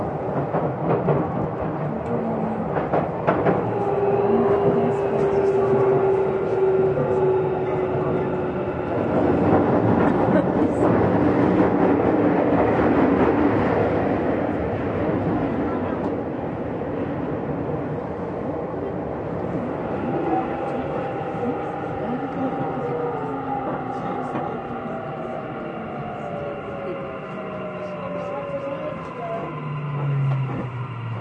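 A Tokyu 6000 series express train runs from the Den-en-toshi Line onto the Oimachi Line, its motor whine rising and falling in pitch throughout. A steady rumble of the running train fills the background, with a voice heard around five to fifteen seconds.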